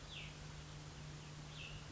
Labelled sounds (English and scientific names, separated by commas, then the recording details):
Cassin's Vireo (Vireo cassinii)
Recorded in Sonoma County, California